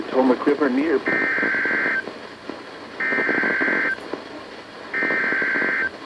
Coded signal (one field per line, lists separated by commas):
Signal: Emergency Alert System (SAME) tones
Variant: header bursts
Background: speech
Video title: EAS #887-#910: It rained again... | KHB36, WXM42, & KEC83